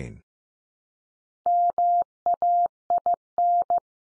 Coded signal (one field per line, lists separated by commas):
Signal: Morse code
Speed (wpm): 15 wpm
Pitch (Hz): 700 Hz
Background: none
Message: MAIN